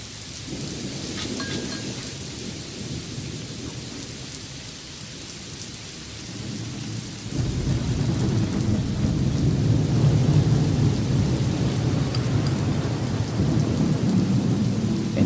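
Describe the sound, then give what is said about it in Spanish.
Steady, dense rain hisses throughout a thunderstorm, and partway through a deep, heavy thunder rumble swells in and rolls on loudly beneath the downpour until the end. “Me encanta el ruido del trueno.”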